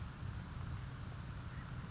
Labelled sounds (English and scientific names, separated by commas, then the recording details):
Oak Titmouse (Baeolophus inornatus)
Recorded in Sonoma County, California